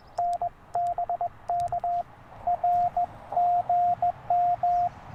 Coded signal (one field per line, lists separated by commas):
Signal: Morse code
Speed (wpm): 20 wpm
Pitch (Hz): 700 Hz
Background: radio noise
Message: N BK R GM